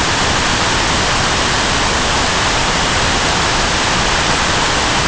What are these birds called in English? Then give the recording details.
none. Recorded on Arctic tundra, site NAIT-1, on 25 June 2018. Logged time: 03:00